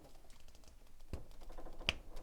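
Plastic pieces of a YES MODEL YM-17 Vulcan oversize Maketoys Guardia Transformers Defensor combiner robot toy are worked over a lip and pushed in, with faint plastic taps and a soft knock at about 1.1 s. A sharp click at 1.9 s marks the pieces seating; it was a bit of a stretch, but they went in.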